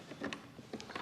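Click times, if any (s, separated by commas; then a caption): none. A ballot unit cable connector is handled and pressed toward its socket on a VVPAT, giving a few short, faint knocks and rattles. Nothing has seated or clicked into place yet.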